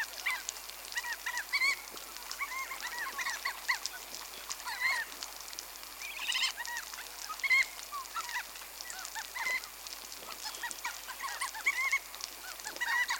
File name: crab plover